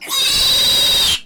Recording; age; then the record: pig call; piglet (1 to 25 days)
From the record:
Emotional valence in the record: negative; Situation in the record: castration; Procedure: castration, shear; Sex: male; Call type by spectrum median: high-frequency call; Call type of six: high-frequency modulated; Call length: 1.26 s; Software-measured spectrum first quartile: 3583 Hz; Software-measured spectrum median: 4300 Hz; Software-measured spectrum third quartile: 6347 Hz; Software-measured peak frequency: 3872 Hz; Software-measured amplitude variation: 57 dB a second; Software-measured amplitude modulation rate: 28.3 a second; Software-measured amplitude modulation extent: 2.0 dB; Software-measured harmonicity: 5.2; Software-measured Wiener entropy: -2.16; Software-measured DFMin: 504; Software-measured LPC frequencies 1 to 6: 937, 3841, 4768, 7565, 8313, 9171 Hz